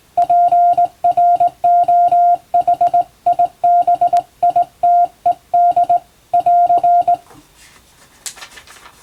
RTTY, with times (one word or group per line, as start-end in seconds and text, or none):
none